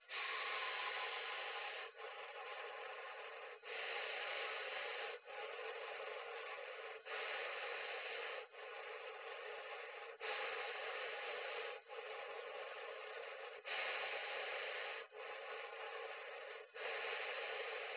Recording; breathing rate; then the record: paced breathing near a phone; 18 breaths a minute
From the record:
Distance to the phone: 20 cm